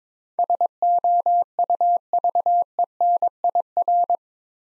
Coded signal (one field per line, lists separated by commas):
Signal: Morse code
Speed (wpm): 22 wpm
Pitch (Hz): 700 Hz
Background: none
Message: SOUVENIR